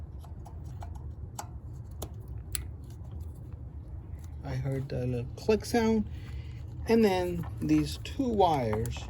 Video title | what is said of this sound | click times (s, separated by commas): Fix Engine Oil Leak from VTEC Solenoid in Honda Odyssey 2005 - 2010 | thing I'm doing is going to attach this thing here I heard the little click sound | 2.5 s